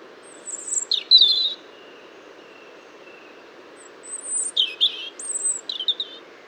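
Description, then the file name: European robin song: short phrases of piercing high whistles dropping into warbled trills, two bursts separated by a pause, a faint thin tone and low steady background noise. "Erithacus rubecula"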